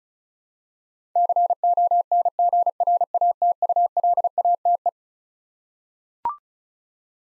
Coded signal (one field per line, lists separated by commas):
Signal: Morse code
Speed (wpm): 36 wpm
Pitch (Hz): 700 Hz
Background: none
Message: CONGRATULATE